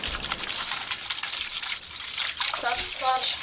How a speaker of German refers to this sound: Oh, herrlich. Einfach ins kalte Nass eintauchen.